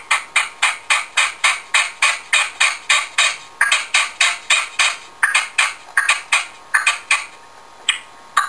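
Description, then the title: Partridge song: fast, rasping notes repeated several times a second in a ratchet-like series, loosening into scattered notes near the end. "Pavanegra. PERDIZ CANTANDO"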